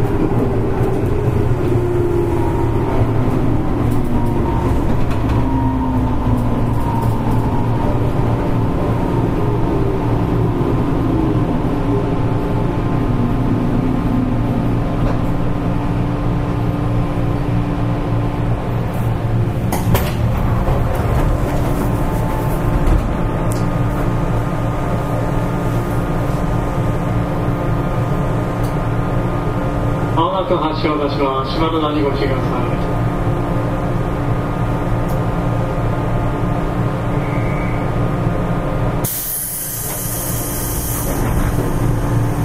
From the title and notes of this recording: It is a running sound of the 415 series train of the Kyushu Railway Company. I recorded on a local train on the Nagasaki line. The section is from Saga to Tosu.